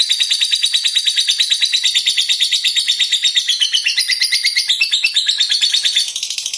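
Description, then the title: Lovebird song: continuous high, rapid chattering trill with fast pulsing notes, easing off slightly near the end. Lovebird described as a 'fighter' and 'gacor'. "Berkat SUARA Lovebird FIGHTER GACOR Ini"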